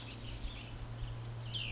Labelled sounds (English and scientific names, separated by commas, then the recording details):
Cassin's Vireo (Vireo cassinii)
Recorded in Sonoma County, California